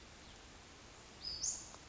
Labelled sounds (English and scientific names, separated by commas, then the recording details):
Western Flycatcher (Empidonax difficilis)
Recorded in Sonoma County, California